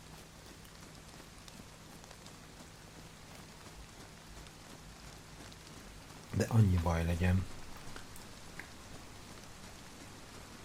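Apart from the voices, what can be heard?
rain falling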